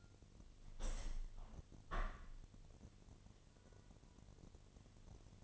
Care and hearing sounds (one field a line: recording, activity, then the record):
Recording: daily activity, microphone in the room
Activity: open window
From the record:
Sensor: 4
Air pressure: 1007.2 hPa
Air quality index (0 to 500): 184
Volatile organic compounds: 5 ppm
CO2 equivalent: 1834 ppm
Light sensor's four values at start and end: 23/73/28/27 and 23/73/28/27